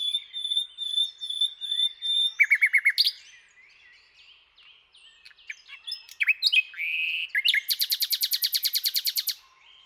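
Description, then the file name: Common nightingale singing: a sustained pure whistle, then a fast burst of repeated notes, varied phrases, and a long loud trill of rapidly repeated chips. "Luscinia megarhynchos"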